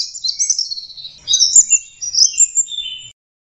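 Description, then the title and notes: Orange-headed thrush delivering quick high twittering phrases and thin whistles in a varied, tumbling sequence that stops abruptly near the end, over an otherwise clean background. Master song recording for training captive birds; teler song style. "Suara Burung Anis Merah Teler. Masteran Anis Kembang"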